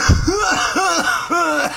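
A sharp opening burst is followed by three voiced, hacking cough sounds, each rising and then falling in pitch, over about two seconds. It is a plain adult cough.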